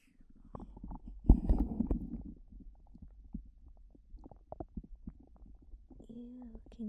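Bowel sounds from an adult woman's abdomen, heard with a close microphone: irregular low rumbles and gurgles.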